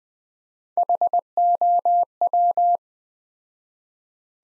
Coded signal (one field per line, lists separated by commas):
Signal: Morse code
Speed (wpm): 20 wpm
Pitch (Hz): 700 Hz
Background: none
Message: HOW